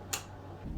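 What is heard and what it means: The security clutch in the hand wheel drive of a Juki 1541S industrial sewing machine re-engages as the hand wheel is turned toward the operator after the clutch release button has been held down and released. A single sharp click sounds at 0.1 s. The clutch is seated, and the machine is confirmed re-engaged.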